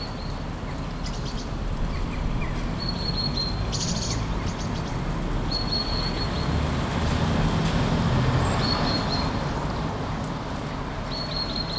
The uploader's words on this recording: Light morning rain in the city of Kuldiga, Latvia. Raindrops falling on the city streets.